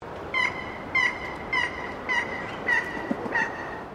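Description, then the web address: Water bird calling with a series of short honking notes, about six in four seconds at fairly regular intervals, over a steady background hiss. Call of an unidentified water bird. "Sound Effects-Foundation 1 BIRD WATER UNKNOWN CALL"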